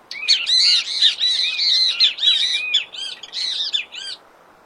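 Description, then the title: Great kiskadee in a busy stream of loud, rasping, squabbling notes, then falling quiet. Wild, singing in nature, Brazil. "O CANTO DO BEM TE VI NA NATUREZA Aves Do Brasil"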